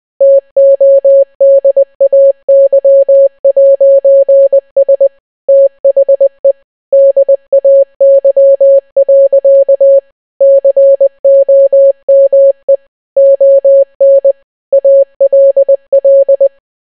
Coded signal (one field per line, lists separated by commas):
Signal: Morse code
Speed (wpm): 20 wpm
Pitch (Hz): 550 Hz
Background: none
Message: TODAY'S THE DAY. COME ON ALL